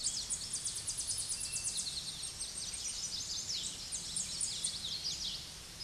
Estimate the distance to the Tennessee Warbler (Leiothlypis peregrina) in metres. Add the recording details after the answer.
about 30 m. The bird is about 5 m below the microphone. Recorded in a Pennsylvania forest on 16 May 2024 at 07:50. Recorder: AudioMoth, point MSD-0438. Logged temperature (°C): 14.5 °C. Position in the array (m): 83 m, 75 m